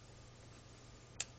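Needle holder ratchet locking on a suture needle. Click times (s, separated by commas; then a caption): 1.2 s. A metal needle holder's ratchet is closed shut while a suture needle is gripped at the tip of its jaws. A single sharp metallic click is heard at 1.2 s over a quiet, steady low hum. The ratchet locks, holding the needle in place.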